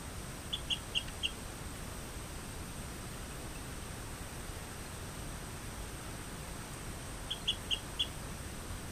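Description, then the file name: Rio Grande chirping frog calling in two brief bursts of four sharp, high chirps, one near the start and one near the end, against constant background hiss. "Eleutherodactylus cystignathoides"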